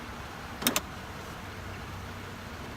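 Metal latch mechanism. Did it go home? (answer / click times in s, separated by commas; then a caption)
yes / 0.7 s, 0.8 s. On a 2018 Jeep Wrangler JL Unlimited, weight is pressed down on the folded soft top frame so its lock mechanism engages with the vehicle body. Two sharp clicks are heard at 0.7 s and 0.8 s over a low steady background. The soft top is locked down in the locked position.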